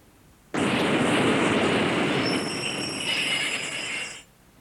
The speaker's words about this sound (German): Ist das eine U-Bahn? Hm, ja. Ja, das ist eine U-Bahn.